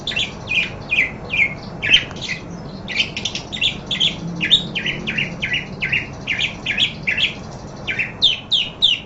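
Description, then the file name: Parakeet chattering with rapid, raspy chirps repeated several times a second in an unbroken run, the pace briefly slowing now and then. "suara burung parkit. omkicau"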